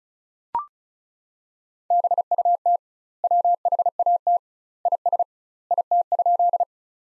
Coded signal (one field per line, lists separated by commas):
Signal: Morse code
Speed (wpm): 36 wpm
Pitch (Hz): 700 Hz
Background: none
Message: BUT WHAT IS IT?